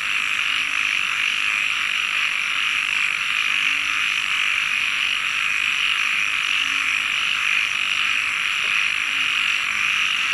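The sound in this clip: Frog chorus forming an unbroken high drone, with occasional faint low notes beneath it.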